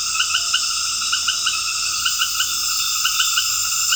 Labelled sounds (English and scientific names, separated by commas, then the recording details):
none
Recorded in dense forest near Puerto Asís, Putumayo, Colombia, on 9 March 2025 at 19:00
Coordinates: 0.484, -76.325
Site G045